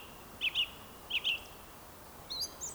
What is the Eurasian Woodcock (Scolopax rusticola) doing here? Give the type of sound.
whistle